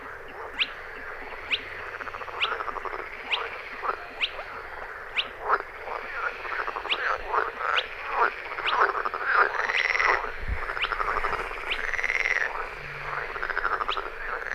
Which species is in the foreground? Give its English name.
Spotted Crake